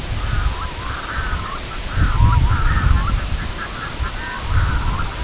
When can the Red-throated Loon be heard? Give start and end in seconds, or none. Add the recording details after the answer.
0.09-1.58, 1.84-5.09. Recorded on Arctic tundra, site IGLO-A, on 22 June 2018. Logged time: 05:59